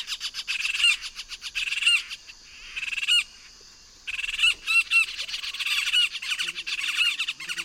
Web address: Natures Songs S America Eastern Lowlands. Melanerpes cruentatus, group calls